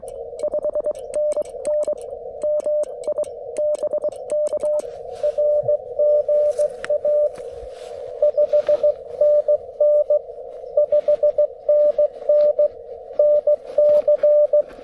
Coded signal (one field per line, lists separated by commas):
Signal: Morse code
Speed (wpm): 22 wpm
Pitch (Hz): 600 Hz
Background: radio noise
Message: 5NN MI BK RGA 5NN 5NN NC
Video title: Bug-Out Month POTA Activation! Bringing The 1985 Vibroplex Presentation Module To The Outdoors!